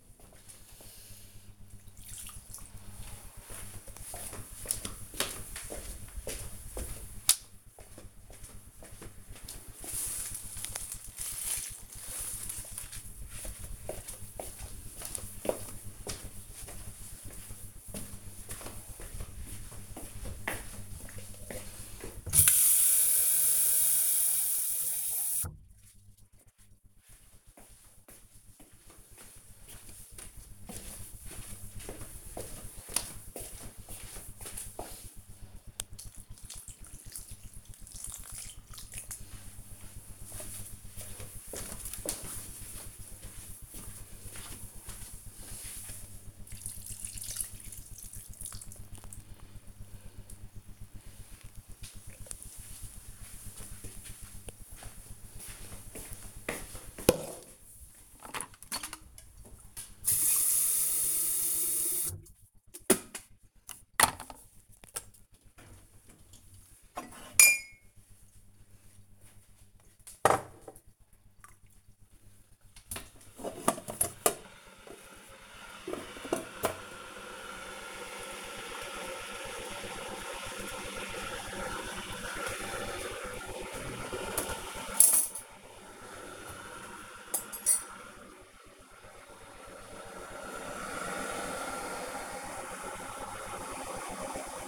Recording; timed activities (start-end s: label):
household activities, microphone on the right wrist
0.00-12.76 s: watering plant
21.83-49.05 s: watering plant
61.14-94.68 s: making tea